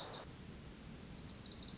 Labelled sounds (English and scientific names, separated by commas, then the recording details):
Wilson's Warbler (Cardellina pusilla)
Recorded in Sonoma County, California